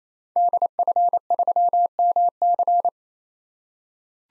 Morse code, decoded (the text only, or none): DF3MC